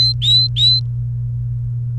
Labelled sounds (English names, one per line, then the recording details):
Domestic Canary song
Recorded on 29 April 2018 at 13:31
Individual llb3